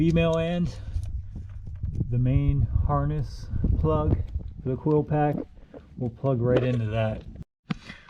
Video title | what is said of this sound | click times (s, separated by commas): MSD 2 STEP INSTALL UPDATED | that snapped in again we'll take our safety and put it back | 7.7 s